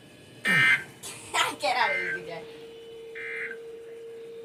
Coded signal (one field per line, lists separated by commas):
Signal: Emergency Alert System (SAME) tones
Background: speech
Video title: SNOW SQUALL WARNINGS (EAS 86-89)